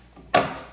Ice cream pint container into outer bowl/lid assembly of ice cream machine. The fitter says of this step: make sure it's in right and you'll hear that click in then we